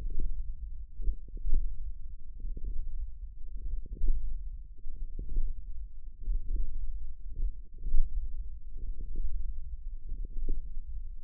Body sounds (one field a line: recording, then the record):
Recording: forearm muscle sounds (acoustic myography)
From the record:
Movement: hand closing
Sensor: system 1, eight BSWA MPA416 microphones around the upper forearm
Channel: 6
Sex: female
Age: 20 years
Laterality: right